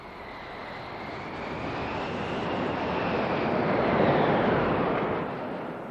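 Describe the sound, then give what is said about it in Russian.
A steady roar of heavy surf over sandbanks off a low shore during a hurricane at high tide, swelling gradually, peaking near the end, then easing slightly, a dense, rushing wash of breaking waves with no voices. “Слишком большие волны.”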